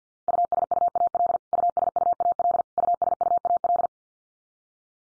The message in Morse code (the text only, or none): USUAL USUAL USUAL